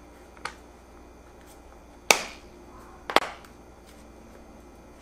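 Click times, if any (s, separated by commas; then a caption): 0.5 s, 2.1 s, 3.2 s. A microfiber mop refill for an O-Cedar EasyWring spin mop is pushed onto the plastic mop-head base at its three attachment points. Three sharp snapping clicks are heard at 0.5, 2.1 and 3.2 seconds, the middle one loudest, and the refill is seated on the mop head.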